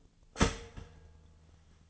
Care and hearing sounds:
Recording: daily activity, microphone in the room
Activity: start toaster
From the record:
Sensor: 4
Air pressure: 1010.0 hPa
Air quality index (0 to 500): 181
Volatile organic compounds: 5 ppm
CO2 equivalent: 1830 ppm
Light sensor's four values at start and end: 22/67/26/26 and 22/67/26/26

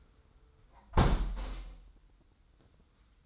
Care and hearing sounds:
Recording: daily activity, microphone in the room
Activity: close window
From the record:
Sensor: 3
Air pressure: 990.2 hPa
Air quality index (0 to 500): 188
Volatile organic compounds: 1000 ppm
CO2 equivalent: 6129 ppm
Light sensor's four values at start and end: 32/76/31/29 and 32/77/31/29

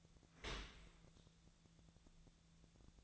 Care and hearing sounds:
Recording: daily activity, microphone in the room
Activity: open dishwasher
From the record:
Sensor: 3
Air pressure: 1000.5 hPa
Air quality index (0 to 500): 174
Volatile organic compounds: 3 ppm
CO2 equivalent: 1503 ppm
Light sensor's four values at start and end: 13/35/13/15 and 13/34/13/15

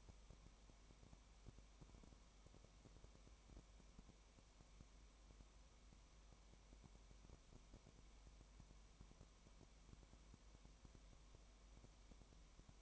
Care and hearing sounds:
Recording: daily activity, microphone in the room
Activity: no activity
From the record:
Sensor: 1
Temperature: 19.0 degrees Celsius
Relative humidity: 34.1%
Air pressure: 1001.3 hPa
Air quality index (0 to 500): 82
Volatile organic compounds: 1 ppm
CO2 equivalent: 822 ppm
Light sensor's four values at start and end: 1/2/1/1 and 1/2/1/1

